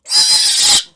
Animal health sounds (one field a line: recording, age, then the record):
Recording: pig call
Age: piglet (1 to 25 days)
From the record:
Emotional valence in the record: negative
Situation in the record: restrain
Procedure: back test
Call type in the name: high-frequency call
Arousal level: medium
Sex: male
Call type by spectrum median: high-frequency call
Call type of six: high-frequency stable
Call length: 0.96 s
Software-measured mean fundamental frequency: 242 Hz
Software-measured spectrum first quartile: 4509 Hz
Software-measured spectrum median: 5779 Hz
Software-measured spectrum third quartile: 8819 Hz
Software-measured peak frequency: 4931 Hz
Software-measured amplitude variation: 144 dB a second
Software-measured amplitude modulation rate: 10.9 a second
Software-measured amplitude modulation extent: 13.2 dB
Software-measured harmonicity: 2.5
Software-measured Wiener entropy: -1.98